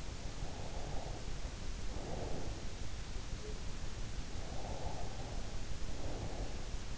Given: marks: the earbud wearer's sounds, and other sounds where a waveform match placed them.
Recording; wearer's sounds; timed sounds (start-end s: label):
sounds in sleep by an in-ear microphone; breath
0.13-2.63 s: breath
4.26-6.98 s: breath